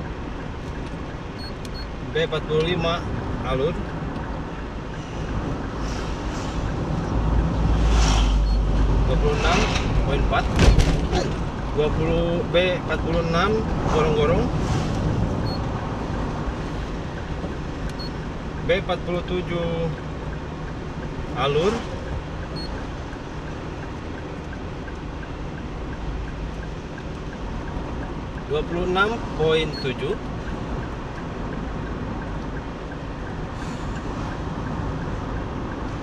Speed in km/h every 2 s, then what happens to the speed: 51, 51, 51, 51, 51, 51, 51, 51, 52, 52, 52, 52, 52, 52, 52, 52, 52, 52.
0-36 steady at about 52.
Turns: none.